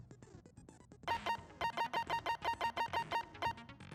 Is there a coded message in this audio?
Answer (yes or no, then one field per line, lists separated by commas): no